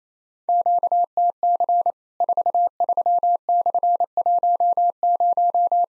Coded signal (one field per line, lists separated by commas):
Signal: Morse code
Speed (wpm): 28 wpm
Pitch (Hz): 700 Hz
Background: none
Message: QTC 43/10